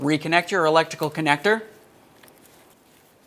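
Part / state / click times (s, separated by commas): wiring harness connector onto transmission speed sensor / not seated / none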